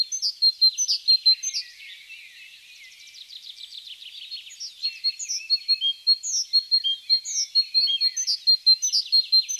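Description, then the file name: Great tit calls: clipped high chirps to start, a short buzzy rattling phrase, then steady repeated bright notes. "Parus major"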